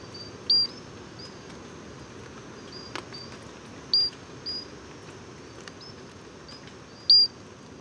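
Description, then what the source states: Pinchon's robber frog calls, brief bright high whistled notes, three louder ones a few seconds apart among fainter notes, with background hiss. Moscou, heights of Gourbeyre, Guadeloupe, edge of national park, 736 m altitude, 10 November 2018; constant rain; Basse-Terre forests only; sings also by day; crystal-like insect-like note.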